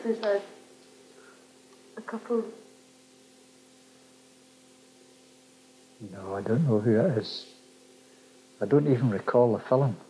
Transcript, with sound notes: There's a couple.
[pause] Nah, I don't know who it is. I don't even recall the film--